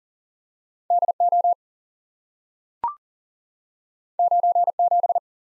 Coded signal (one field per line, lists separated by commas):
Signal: Morse code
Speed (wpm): 40 wpm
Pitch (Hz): 700 Hz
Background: none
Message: D O 9 7